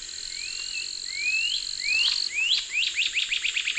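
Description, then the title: Bird singing a series of upward-sliding whistles that speed up into a rapid string of short rising chirps, with a thin high tone and steady hiss behind. "LuckyPassaro Completos2Sama"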